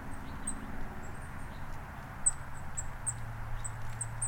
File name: Golden crowned Kinglet Regulus satrapa